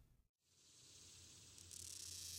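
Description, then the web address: Swamp cicada buzzing as a steady high hissing drone, briefly cut off at the start, then swelling and growing louder toward the end. "The Songs of Insects Swamp Cicada"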